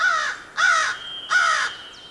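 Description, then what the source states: Crow giving three rasping caws in steady succession, a faint steady tone running underneath. Crows perform anting, covering themselves in ants, possibly to get rid of parasites.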